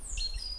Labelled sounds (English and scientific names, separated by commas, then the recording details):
Stitchbird (Notiomystis cincta) song
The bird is a male
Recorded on Tiritiri Matangi Island, New Zealand, in 2005
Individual 12, of nest box 16